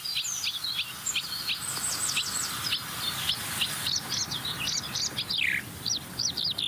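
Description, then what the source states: Marsh warbler song: a fast, varied run of high chirps, trills and buzzy notes in quick succession, including a sweeping downward note near the end. Mimicry section of the song imitating a skylark, following an imitation of a barn swallow.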